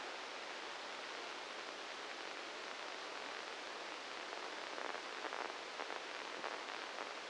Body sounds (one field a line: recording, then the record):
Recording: brain microelectrode recording played as sound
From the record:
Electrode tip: inside the subthalamic nucleus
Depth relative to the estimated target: -3 mm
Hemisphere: left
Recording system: NeuroSet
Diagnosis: Parkinson's disease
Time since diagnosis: 7 years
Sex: male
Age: 44 years